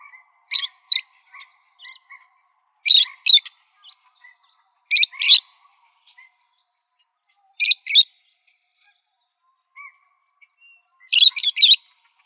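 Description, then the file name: Parrots giving harsh, raspy screeches in short paired bursts every few seconds, with soft notes in between. "PFLB 3 deviche"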